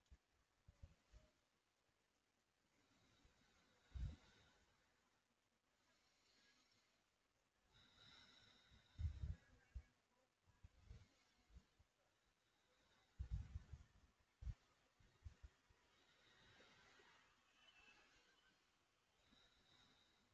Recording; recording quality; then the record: shallow breathing; excellent, no background noise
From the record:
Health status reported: healthy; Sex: male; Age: 25 years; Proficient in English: yes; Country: India